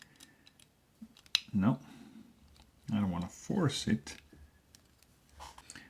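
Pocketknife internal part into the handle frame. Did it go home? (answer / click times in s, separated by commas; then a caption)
yes / 5.7 s. During reassembly of a Reate Epoch pocketknife, a metal internal knife part won't go into the handle frame at first, and someone talks about not wanting to force it amid small handling clicks and a sharp tap. With a little force, the part snaps into place with a click at 5.7 s and is seated.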